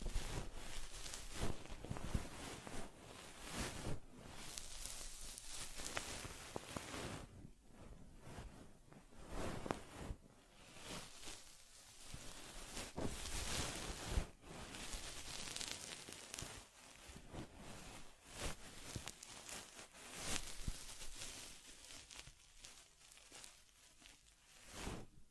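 Close brushing and rubbing sounds from caring for a teddy bear, with fur combing, wiping and ear cleaning. Soft scratchy strokes come in dense, uneven bursts, broken by short quiet pauses and a few sharper bright taps and scrapes throughout.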